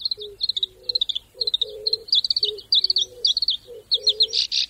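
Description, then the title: Black-browed reed warbler singing rapid, repeated chattering notes, while a lower, soft note sounds again and again underneath. Recorded at the Sarakitanai River in Hokkaido, Japan. "サラキタナイ川（北海道）のコヨシキリ"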